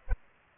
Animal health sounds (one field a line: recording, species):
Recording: mosquito wingbeat signal from an infrared sensor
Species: Aedes aegypti